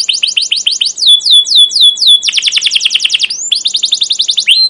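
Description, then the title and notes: Canary song: rapid rolling chirps, a run of slower down-slurred whistles, then dense fast trills, continuous and loud throughout. Captive canaries; long continuous chirping "cuit cuit" rolling song, used as a tutor recording to provoke and teach young canaries to sing. "CUIT CUIT NGEROL LANGSUNG GACOR PANJANG Kenari Ini AMPUH Utk Pancingan KENAR. PANCINGAN Kenari GACOR PANJANG Cuit CUIT EMOSI ini AMPUH utk MASTERAN Kenari PAUD belajar BUNYI. burung kenari"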